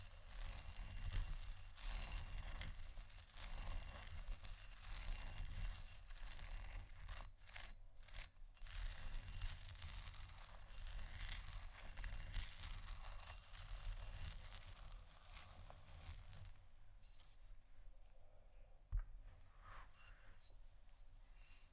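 Dense, continuous scratching on canisters fills the first sixteen seconds, with a faint metallic ring running through it and a few brief breaks around the seven-to-eight-second mark. After about sixteen seconds the scratching drops away to softer, sparser sounds, with a single sharp tap near nineteen seconds.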